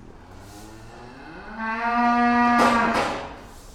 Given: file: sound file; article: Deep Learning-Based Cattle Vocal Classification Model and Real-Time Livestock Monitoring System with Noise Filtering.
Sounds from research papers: cattle; food anticipating call

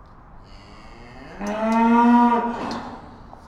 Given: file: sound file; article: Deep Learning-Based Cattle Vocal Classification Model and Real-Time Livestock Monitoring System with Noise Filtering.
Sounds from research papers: cattle; estrus call

